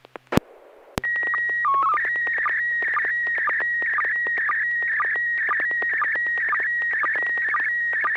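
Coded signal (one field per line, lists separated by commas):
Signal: SSTV (slow-scan television)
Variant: PD 120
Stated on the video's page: SSTV net on an FM repeater, 441.300 MHz, sent with MMSSTV software.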